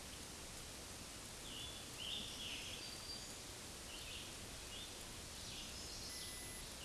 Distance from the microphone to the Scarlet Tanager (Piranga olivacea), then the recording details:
about 65 m. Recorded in a Pennsylvania forest on 19 May 2023 at 10:54. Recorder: AudioMoth, point grid1_1_low. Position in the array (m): 164 m, 60 m